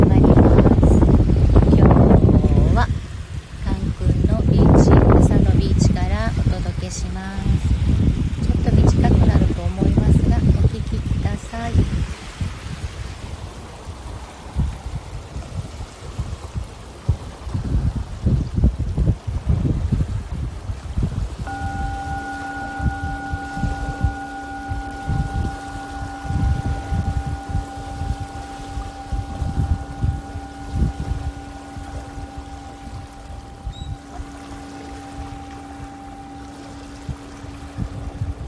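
Waves wash and splash at a Caribbean shoreline, heavy rolling surges in the first twelve seconds giving way to a softer, crackling fizz of water. Around twenty-one seconds a singing bowl begins, its steady layered ringing tones holding to the end.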